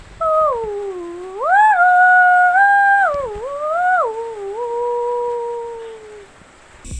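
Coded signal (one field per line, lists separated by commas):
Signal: whistled language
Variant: Jingrwai Iawbei tune name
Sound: a single voice-like hummed melody sliding between held notes for about six seconds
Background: quiet room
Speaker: Now she will sing for her daughter. Okay. There's only one daughter.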